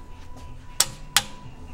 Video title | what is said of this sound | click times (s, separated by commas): WE LICKED THE GTR OIL FILTER | oh that's the sound you want to hear that click the click | 0.8 s, 1.2 s